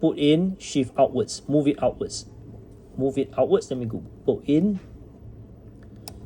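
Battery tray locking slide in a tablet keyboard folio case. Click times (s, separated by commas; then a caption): 6.1 s. A man talks while a slim SIM-ejector-style tool is pushed into the battery tray locking slide of a Logitech Flip Folio keyboard case for the iPad Pro 13-inch (M4). The slide is moved outwards to unlock the battery tray. A sharp click at 6.1 s marks the lock clicking open and releasing the tray.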